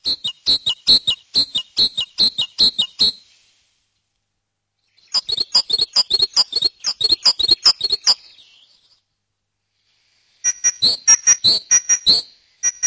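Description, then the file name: Great tit song, a bright two-note phrase repeated rapidly in three bursts of about two to three seconds each, with silent gaps between them. "koolmees"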